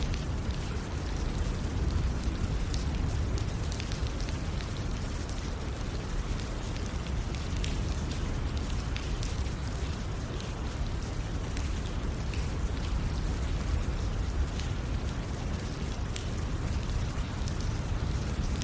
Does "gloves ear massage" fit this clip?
no